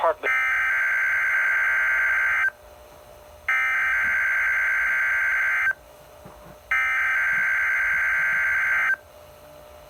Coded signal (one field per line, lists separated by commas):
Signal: Emergency Alert System (SAME) tones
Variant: header bursts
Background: speech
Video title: Required Weekly Test on NOAA Weather Radio (EAS #24) 2022/3/15